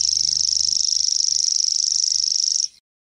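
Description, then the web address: Common grasshopper warbler trilling steadily in a fast, even, high-pitched reel that stops abruptly near the end. "fuglelyder gresshoppesanger"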